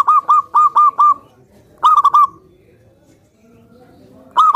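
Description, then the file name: Zebra dove song: quick rolling coo phrases of clipped, stuttering notes, one long run at the start, then two more phrases after quiet gaps. Perkutut raja song used as a lure for trapping birds. "suara perkutut raja pikat"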